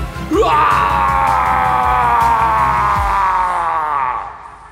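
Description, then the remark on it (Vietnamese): A demon struck by a knife blade in a field lets out a piercing scream that swoops upward, then holds as a loud, sustained, shrill harmonic cry for about four seconds over a low pulsing rumble before fading out. “Cú chém dứt khoát không cho nó kịp phản ứng, lưỡi dao sắc lạnh bổ thẳng vào giữa thân hình lờ mờ của con quỷ, đồng thời rít lên một tiếng chói tai.”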